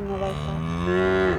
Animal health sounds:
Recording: contact call of a hoofed animal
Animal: cattle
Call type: low-frequency (closed-mouth) or high-frequency (open-mouth) call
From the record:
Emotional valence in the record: negative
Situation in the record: full separation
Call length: 1.38 s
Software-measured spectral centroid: 1500 Hz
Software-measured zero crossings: 1110 a second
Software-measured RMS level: -24 dBFS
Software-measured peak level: -10 dBFS

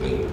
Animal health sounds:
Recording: contact call of a hoofed animal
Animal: pig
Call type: closed-mouth grunt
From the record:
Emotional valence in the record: positive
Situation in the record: food and toys in familiar pen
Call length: 0.33 s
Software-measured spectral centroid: 1530 Hz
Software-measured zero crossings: 910 a second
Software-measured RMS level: -25 dBFS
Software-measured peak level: -13 dBFS

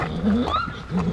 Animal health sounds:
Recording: contact call of a hoofed animal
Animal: Przewalski's horse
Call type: whinny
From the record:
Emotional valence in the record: negative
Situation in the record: group separation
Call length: 1.13 s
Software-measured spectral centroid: 1610 Hz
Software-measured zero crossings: 1440 a second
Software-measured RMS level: -23 dBFS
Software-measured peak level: -11 dBFS

